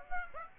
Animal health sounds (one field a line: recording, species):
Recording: mosquito wingbeat signal from an infrared sensor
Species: Aedes aegypti